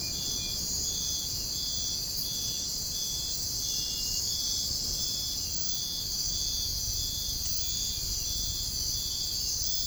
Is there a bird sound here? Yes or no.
no